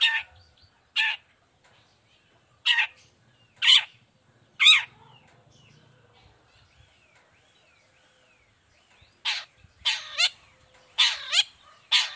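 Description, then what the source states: Long-tailed shrike harsh, rasping notes in an irregular series, then a quiet gap with faint thin whistles, then another burst of grating calls. Morning singing; vocally active bird with clear voice and full variation, including a 'toet toet' song style; presented for other shrikes to imitate.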